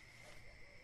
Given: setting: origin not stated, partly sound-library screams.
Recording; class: one-second piece from a danger detection set; normal situation